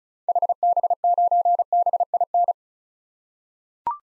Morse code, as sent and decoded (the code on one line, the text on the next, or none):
.... -... ----. -... .. -.
HB9BIN